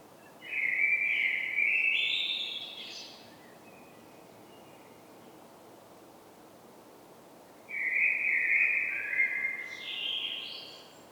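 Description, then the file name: Common blackbird song: two fluty whistled phrases about seven seconds apart, each climbing into a thin high twittering flourish. "Turdus merula"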